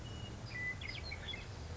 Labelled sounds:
Western Meadowlark (Sturnella neglecta)
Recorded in Sonoma County, California

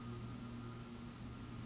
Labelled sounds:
Brown Creeper (Certhia americana)
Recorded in Sonoma County, California

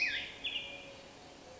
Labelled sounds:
Black-headed Grosbeak (Pheucticus melanocephalus)
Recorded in Sonoma County, California

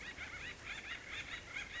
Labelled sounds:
Acorn Woodpecker (Melanerpes formicivorus)
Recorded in Sonoma County, California

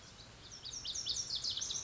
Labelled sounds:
Pacific Wren (Troglodytes pacificus)
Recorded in Sonoma County, California

